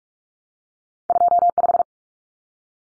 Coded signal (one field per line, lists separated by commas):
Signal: Morse code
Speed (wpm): 44 wpm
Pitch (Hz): 700 Hz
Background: none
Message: 25